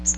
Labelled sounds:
Magnolia Warbler (Setophaga magnolia) flight call

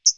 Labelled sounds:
Hooded Warbler (Setophaga citrina) flight call

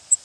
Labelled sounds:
Cape May Warbler (Setophaga tigrina) flight call

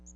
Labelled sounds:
Magnolia Warbler (Setophaga magnolia) flight call

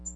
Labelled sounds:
American Redstart (Setophaga ruticilla) flight call

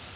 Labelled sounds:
Black-and-white Warbler (Mniotilta varia) flight call

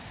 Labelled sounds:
Blackburnian Warbler (Setophaga fusca) flight call

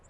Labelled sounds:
Lucy's Warbler (Leiothlypis luciae) flight call

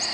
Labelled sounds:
Black-throated Green Warbler (Setophaga virens) flight call

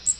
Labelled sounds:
Magnolia Warbler (Setophaga magnolia) flight call

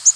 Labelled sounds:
Yellow-rumped Warbler (Setophaga coronata) flight call

